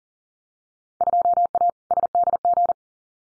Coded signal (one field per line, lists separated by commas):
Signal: Morse code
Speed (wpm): 41 wpm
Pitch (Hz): 700 Hz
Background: none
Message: 2A SDG